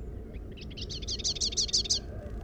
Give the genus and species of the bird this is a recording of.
Basileuterus rufifrons